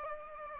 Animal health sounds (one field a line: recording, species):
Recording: mosquito wingbeat signal from an infrared sensor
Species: Aedes aegypti